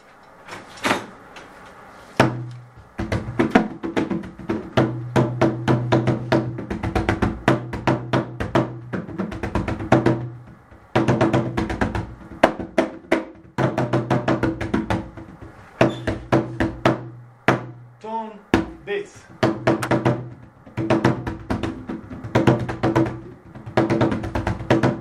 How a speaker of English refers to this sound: So now, if you play in music, the basic beats that we most of the time play, especially instrumental music, are two notes, bass and tone. You know that, right? So when you hear me play the drum, I'm demonstrating.